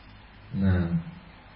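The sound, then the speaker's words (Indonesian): A man's voice imitates a lion's roar: one short, low, rumbling growl that swells and fades in about half a second, standing alone against a quiet background. “Giliran berbicara ya dengan istri seperti singa, terbalik ya ikhwan.”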